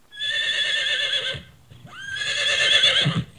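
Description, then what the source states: Horse whinnying twice, each a harsh, quavering neigh lasting over a second, the second rising sharply at its start, with a few low snorts at the end. Recorded at a zoo.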